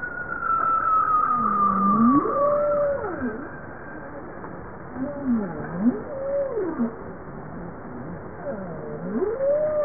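Bowhead whale calls: arching tonal moans that swoop up and fall back, repeated every few seconds, opening with a long, slowly descending higher tone over steady underwater hiss.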